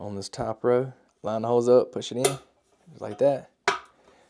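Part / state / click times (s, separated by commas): plastic cable clip into holes on monitor mount arm / seated / 3.7 s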